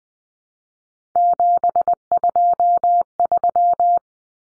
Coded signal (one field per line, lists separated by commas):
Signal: Morse code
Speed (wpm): 20 wpm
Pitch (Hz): 700 Hz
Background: none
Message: 723